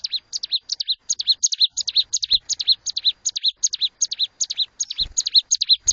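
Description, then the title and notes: Bar-winged prinia song of quick, thin, down-slurred double notes repeated evenly, with a few faint clicks and knocks. Collection of vigorously singing ('gacor') ciblek, including young birds. "Kicau Ciblek. putri sherin. kumpulan suara burung ciblek gacor dan anakan"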